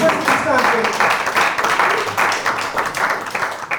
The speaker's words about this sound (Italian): Bene, facciamo un applauso a Miriam!